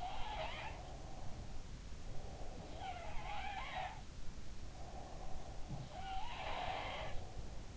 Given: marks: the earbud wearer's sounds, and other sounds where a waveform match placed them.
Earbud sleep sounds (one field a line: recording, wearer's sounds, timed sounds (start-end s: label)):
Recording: sounds in sleep by an in-ear microphone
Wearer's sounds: breath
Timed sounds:
0.00-7.77 s: sound from someone else or the room
0.35-3.10 s: breath
4.50-6.32 s: breath